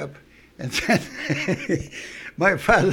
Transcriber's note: he laughs